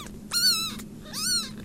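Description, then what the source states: Domestic cat: kittens crying: two high, strained mews in quick succession, the second rising then falling, over a faint steady hum. Litter of six kittens, about three weeks old, rescued from Prince of Wales Island and now in round-the-clock care with the Ketchikan Humane Society.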